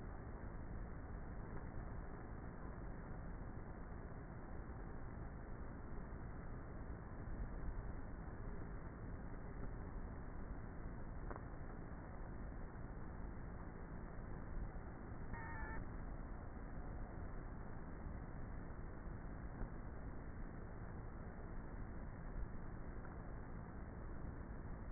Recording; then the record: honeybee colony, microphone inside the hive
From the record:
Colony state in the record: queenless with a low population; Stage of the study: before two queens were removed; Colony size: about 30,000 bees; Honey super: no